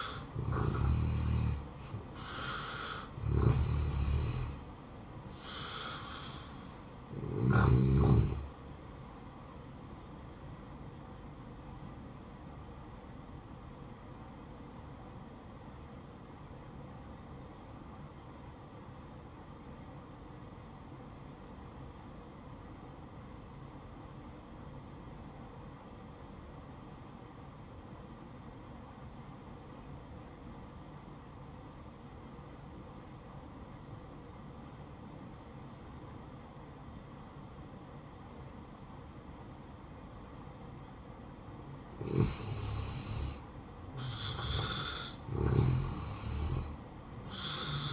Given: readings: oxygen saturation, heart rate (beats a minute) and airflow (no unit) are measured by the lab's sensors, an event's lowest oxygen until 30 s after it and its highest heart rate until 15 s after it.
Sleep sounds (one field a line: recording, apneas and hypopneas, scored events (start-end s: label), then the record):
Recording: breathing in sleep by a smartphone at the bedside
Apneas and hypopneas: 1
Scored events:
14.00-43.00 s: obstructive apnea (N1, oxygen 95% highest, then 86% lowest, heart rate 60 at the start, 70 highest)
25.00-47.92 s: new sleep stage, N2 (light sleep)
From the record:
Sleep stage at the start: N1 (lightest sleep)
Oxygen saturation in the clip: 77 to 95%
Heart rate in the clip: 59 to 73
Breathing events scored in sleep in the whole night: 573 in 9.8 hours asleep